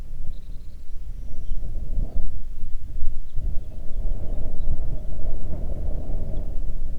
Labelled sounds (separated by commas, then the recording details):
songbird, wind
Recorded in the Arctic National Wildlife Refuge, Alaska, on 3 June 2019 at 04:31
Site 37